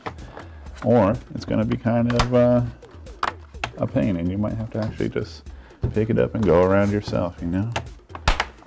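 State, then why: Seated. The bottom panel of an MSI GF65 Thin 9SE-013 laptop is pressed down around its edges so its clips snap into the chassis while someone talks. Sharp clicks are heard near 3.2 s and 3.6 s, and the panel clicks into place at 8.3 s, seating the cover.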